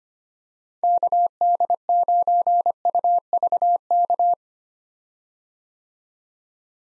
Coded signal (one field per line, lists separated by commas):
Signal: Morse code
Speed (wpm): 25 wpm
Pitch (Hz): 700 Hz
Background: none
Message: KD9UVK